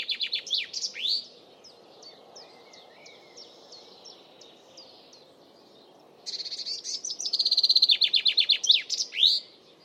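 Bird song opens with loud downslurred notes, continues with soft repeated thin chirps, then bursts into a fast, loud trill of sweeping notes after six seconds.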